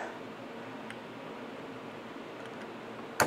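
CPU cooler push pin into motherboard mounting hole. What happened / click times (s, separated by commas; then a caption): The plastic push pin clicked home / 3.2 s. A flathead screwdriver laid in a plastic CPU cooler push pin is pressed down, with a hand on the cooler centre, to seat the pin into the motherboard mounting hole. Over a steady low hiss there is a faint tick at 0.9 s, then a sharp, loud click at 3.2 s as the push pin clicks in and seats.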